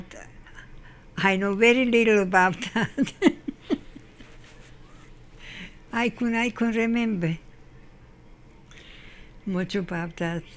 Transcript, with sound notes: But, I know very little about that.. (Laughs) I can- I can remember... much about that.